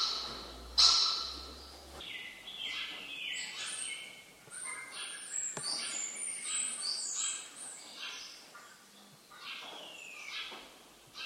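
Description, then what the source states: Birds chirping busily, a dense run of high, short sweeping notes and twitters across the whole stretch, over steady background noise. Birds recorded in an abandoned warehouse.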